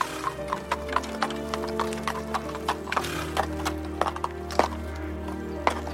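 A team of horses arrives at a church square with a steady clip-clop of hooves, sharp knocks repeating at an even pace, while a horse whinnies in drawn-out, wavering tones over the hoofbeats.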